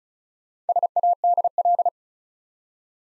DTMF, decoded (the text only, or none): none